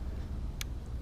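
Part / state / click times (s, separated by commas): terminal pin into wiring harness connector / seated / 0.6 s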